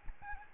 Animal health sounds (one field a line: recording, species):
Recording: mosquito wingbeat signal from an infrared sensor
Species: Aedes albopictus